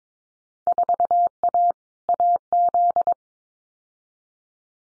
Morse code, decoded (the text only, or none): 4A AZ